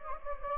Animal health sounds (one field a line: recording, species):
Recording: mosquito wingbeat signal from an infrared sensor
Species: Anopheles gambiae